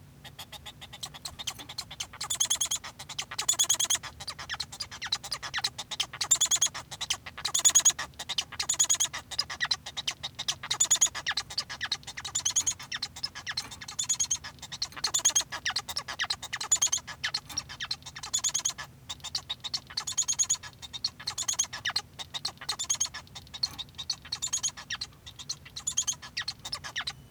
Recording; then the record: song of a male Bengalese finch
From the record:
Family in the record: son of father 1